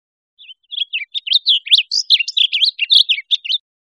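Blue grosbeak singing one hurried, warbling phrase of choppy rising and falling notes lasting about three seconds.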